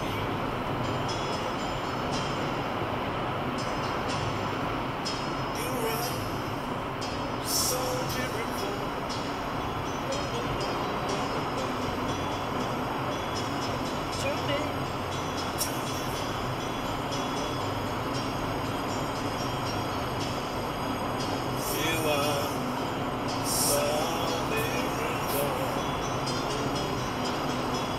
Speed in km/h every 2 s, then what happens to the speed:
171, 167, 160, 161, 161, 160, 159, 157, 157, 160, 162, 163, 162, 157.
0-4 slows to 160. 4-28 steady at about 160.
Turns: none.